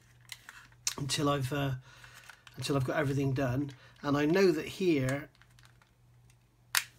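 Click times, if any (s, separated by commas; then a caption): 6.8 s. Someone talks while plastic parts of a 1/32 Spitfire Mk Vb model kit, likely the fuselage halves, are handled and pressed together, with a few faint ticks after the speech. A loud, sharp click at 6.8 s marks the parts snapping together and seating.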